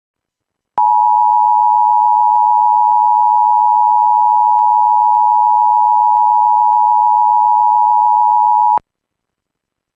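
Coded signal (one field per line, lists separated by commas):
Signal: Emergency Alert System (SAME) tones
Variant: 853 and 960 Hz attention tone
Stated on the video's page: EAS alert for a tornado watch.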